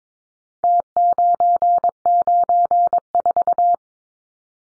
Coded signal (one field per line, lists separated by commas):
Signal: Morse code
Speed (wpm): 22 wpm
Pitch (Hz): 700 Hz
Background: none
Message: T994